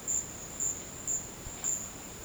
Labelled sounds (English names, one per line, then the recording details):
none
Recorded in dense forest near Puerto Asís, Putumayo, Colombia, on 19 March 2025 at 13:00
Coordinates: 0.500, -76.322
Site GP06